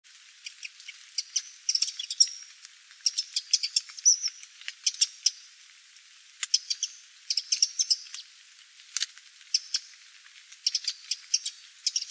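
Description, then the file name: Eurasian wren song in repeated bursts of high, fast twittering and trilled notes separated by short gaps, with sharp clicking ticks scattered throughout. "Troglodytes troglodytes"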